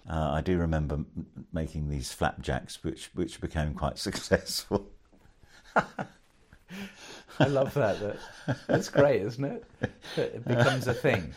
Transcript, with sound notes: I do remember making these flapjacks which became quite successful (laughs)
I love that, it’s great isn’t it? That it becomes a thing.